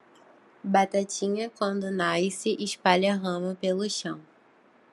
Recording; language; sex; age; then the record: short text; Brazilian Portuguese; female; 20 to 29 years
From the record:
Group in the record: control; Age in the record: 20 years